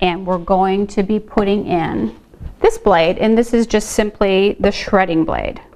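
A metal shredding disc blade is handled and brought to a food processor's plastic drive spindle, replacing the S blade, while someone talks throughout. Nothing has seated or clicked on the spindle yet.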